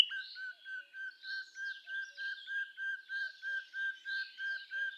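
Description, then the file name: Common Nightingale song: a steady string of mellow, piping whistles on one pitch, repeated about three times a second with fainter higher notes above. "Luscinia megarhynchos"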